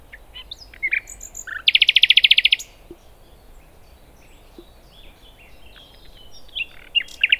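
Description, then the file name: Common nightingale song with a loud fast rattling trill lasting about a second, surrounded by scattered whistles and chirps against a faint steady background hiss. "Luscinia megarhynchos"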